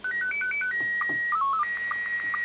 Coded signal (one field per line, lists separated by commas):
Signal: SSTV (slow-scan television)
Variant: Scottie 1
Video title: Guohetec Q900 - SSTV - CAT Control - MMSSTV